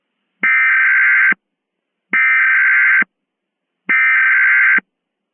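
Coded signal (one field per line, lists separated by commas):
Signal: Emergency Alert System (SAME) tones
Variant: header bursts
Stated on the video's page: Fictional mock EAS scenario using Microsoft Sam text-to-speech voice.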